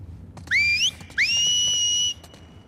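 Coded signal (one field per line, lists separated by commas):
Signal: whistle signal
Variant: Seraphite whistle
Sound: two human whistles: a short rising twist, then a longer upswept whistle held steady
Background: faint clicks, quiet room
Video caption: Yara uses this whistle at the aquarium when she and Abby are searching for Lev. (Yara speaking) Lev!! (Yara performs the Call Whistle)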